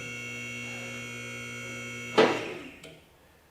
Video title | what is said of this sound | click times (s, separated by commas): Best Car Lift Install Video - ATLAS Platinum ALI Certified 10K lb [HOW TO] | so you hear the clicking that's getting on each one of the safety stops | 2.8 s